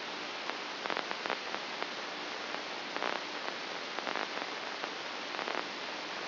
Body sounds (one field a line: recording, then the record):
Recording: brain microelectrode recording played as sound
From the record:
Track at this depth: inside the subthalamic nucleus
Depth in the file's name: 3.232 mm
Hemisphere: left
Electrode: 2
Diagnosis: Parkinson's disease